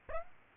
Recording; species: mosquito wingbeat signal from an infrared sensor; Aedes aegypti